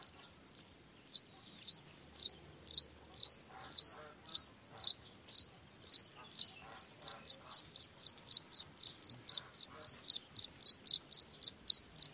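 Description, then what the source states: Long-tailed shrike song: a rapid series of sharp high notes, evenly repeated about twice a second, then speeding into a faster chattering run. Lively long-tailed shrike singing in the morning with 'toet toet' sound variations, used to stimulate lazy shrikes into singing along quickly.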